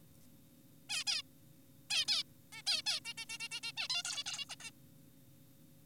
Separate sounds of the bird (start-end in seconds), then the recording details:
0.90-1.04, 1.07-1.22, 1.90-2.05, 2.08-2.23, 2.52-2.62, 2.67-2.82, 2.86-3.00, 3.05-3.14, 3.18-3.26, 3.30-3.38, 3.40-3.48, 3.52-3.60, 3.63-3.72, 3.77-3.88, 3.90-4.03, 4.05-4.24, 4.26-4.46, 4.50-4.56, 4.60-4.70. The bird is an adult. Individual g4p5U